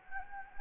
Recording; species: mosquito wingbeat signal from an infrared sensor; Anopheles gambiae